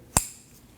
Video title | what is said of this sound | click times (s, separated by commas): How to Replace Dual Radiator Fan & Condenser Fan Assembly 2013-2019 Ford Escape 1.5L L4 | And now your pressure sensor, wait for the click. | 0.2 s